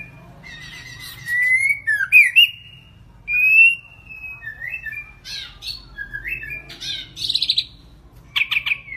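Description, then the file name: White-rumped shama singing varied whistled phrases with rising and falling slurs and some short, sharp notes. Female, singing. "Tieng chich choe lua mai hot"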